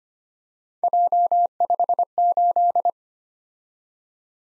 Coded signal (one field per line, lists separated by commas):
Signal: Morse code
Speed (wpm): 25 wpm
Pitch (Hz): 700 Hz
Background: none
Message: J58